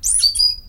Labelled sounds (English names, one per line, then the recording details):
Stitchbird song
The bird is a male
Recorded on Tiritiri Matangi Island, New Zealand, in 2005
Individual 22, of nest box 31